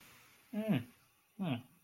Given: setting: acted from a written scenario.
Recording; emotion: vocal sound without words; interest